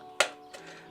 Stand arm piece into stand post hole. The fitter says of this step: Clips right in.